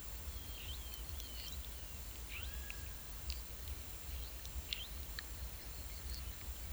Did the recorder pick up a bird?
yes